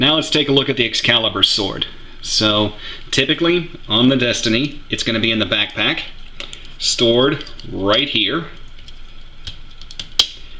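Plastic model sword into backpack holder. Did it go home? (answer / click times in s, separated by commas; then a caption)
yes / 10.2 s. A plastic Excalibur sword from an MG 1/100 Destiny Gundam (Heine Westenfluss Version) model kit is placed into its storage spot on the kit's backpack while someone talks. A few small plastic taps and ticks come just before a sharp, loud click at 10.2 s as the sword drops and locks in place.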